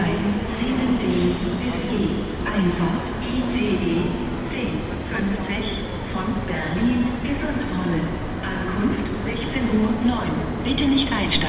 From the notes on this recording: General atmosphere at a platform at Cologne Central Station.